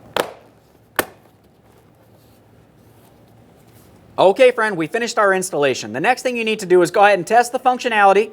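A plastic protective trim panel on the front door of a 2009-2014 Nissan Maxima is lined up and pressed in during a window motor replacement. Its clips snap into the door panel with two sharp clicks at 0.2 and 1.0 seconds, seating the panel. After a quiet stretch, someone talks from about 4.2 seconds on.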